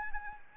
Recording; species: mosquito wingbeat signal from an infrared sensor; Anopheles arabiensis